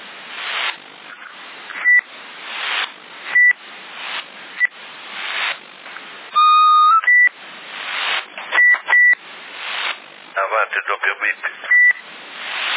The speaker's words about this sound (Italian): E chi è che sta battendo? Hai sentito un doppio bip? Avanti il doppio bip.